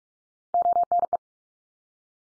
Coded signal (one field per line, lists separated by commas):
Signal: Morse code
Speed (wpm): 44 wpm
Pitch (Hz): 700 Hz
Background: none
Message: ONE